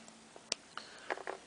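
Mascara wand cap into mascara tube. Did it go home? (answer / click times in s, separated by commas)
yes / 0.5 s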